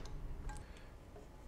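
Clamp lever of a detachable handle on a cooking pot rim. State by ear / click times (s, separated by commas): not seated / none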